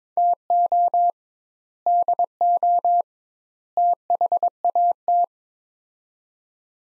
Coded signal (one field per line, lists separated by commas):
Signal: Morse code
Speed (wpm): 22 wpm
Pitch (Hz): 700 Hz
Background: none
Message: TO DO THAT